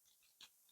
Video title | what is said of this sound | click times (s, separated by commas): Transformers Dark of the Moon Mech Tech Track Battle Roadbuster Toy Review | Till they pop together. | 0.4 s